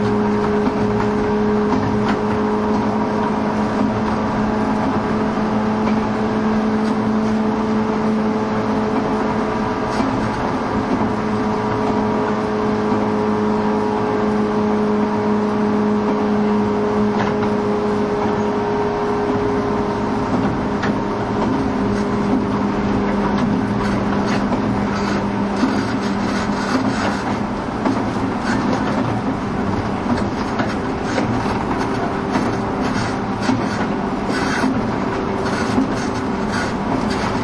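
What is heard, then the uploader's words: A train runs along the Bantan Line with a steady, continuous rumble and whine. A motor tone holds level and drifts slightly lower past the midpoint. From about 22 seconds, faint rapid clicks and rattles appear over the constant hum. 103系 播但線普通 01/01:姫路～寺前. The train running sound on the Bantan Line.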